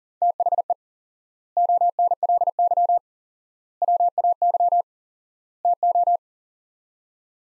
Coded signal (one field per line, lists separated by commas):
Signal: Morse code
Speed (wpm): 37 wpm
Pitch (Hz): 700 Hz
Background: none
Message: THE ONLY WAY TO